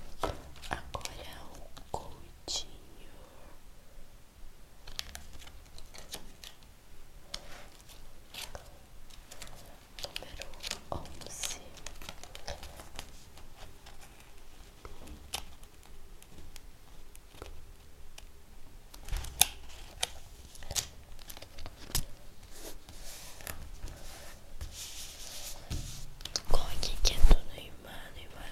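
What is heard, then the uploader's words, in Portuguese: World Cup sticker packets are opened and stickers pressed into an album, heard as irregular crinkles, rips and small taps scattered throughout. Handling grows busier after about nineteen seconds, with a louder flurry of tearing and rustling near twenty-seven seconds. ASMR ABRINDO FIGURINHAS DA COPA DO MUNDO 2022 E COLANDO NO ALBUM.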